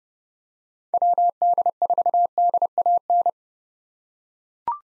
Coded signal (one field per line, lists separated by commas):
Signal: Morse code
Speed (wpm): 30 wpm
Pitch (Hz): 700 Hz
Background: none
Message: WD4DAN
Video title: 2023 POTA Hunter Call Signs - 30wpm